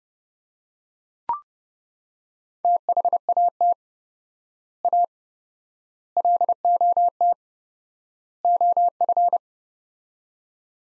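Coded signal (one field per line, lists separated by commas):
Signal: Morse code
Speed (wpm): 30 wpm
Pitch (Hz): 700 Hz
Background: none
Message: THAT A LOT OF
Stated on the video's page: 30 wpm Morse practice of four-word sets with 4x word spacing, a Farnsworth-like drill for head-copying phrases, each set followed by speech.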